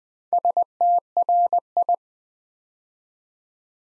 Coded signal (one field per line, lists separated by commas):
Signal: Morse code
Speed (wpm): 20 wpm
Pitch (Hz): 700 Hz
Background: none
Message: STRI